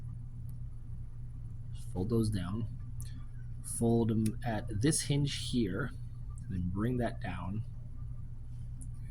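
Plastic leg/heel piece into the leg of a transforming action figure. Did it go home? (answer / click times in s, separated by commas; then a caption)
yes / 8.8 s. Someone talks while the plastic heel piece on the leg of a transforming action figure is folded at its hinge and brought down, over a steady low hum with a couple of faint ticks along the way. The piece pops into place with a short click at 8.8 s.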